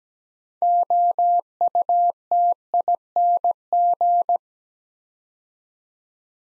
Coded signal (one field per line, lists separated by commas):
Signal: Morse code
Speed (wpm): 17 wpm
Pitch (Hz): 700 Hz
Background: none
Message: OUTING